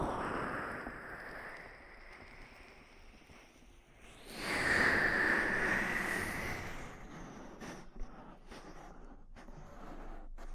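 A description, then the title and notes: Deep ear treatment sounds for ASMR: a soft, steady rustling hiss that dips quieter just before the four-second mark. It then swells into a louder, brighter whooshing stretch lasting about two seconds, and settles back to a gentler rustle, broken by a single sharp tap near eight seconds. ASMR Deep Ear Treatment for Sleep (No Talking).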